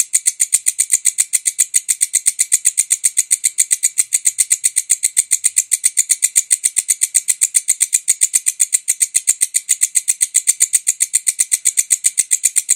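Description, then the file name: Bush cricket delivering an unbroken stream of fast, shrill pulses, evenly repeated for the whole stretch. "suara walang kecek"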